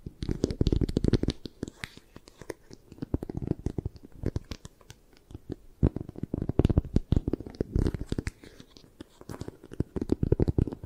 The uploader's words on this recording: ASMR Hypnotic Triggers for Sleep 3D Eye Massage, Tapping, Scratching (No Talking).